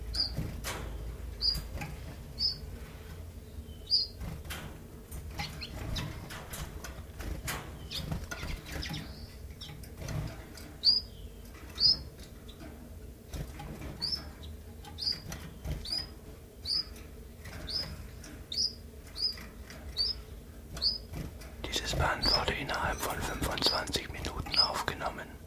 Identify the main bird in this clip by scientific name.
Phylloscopus collybita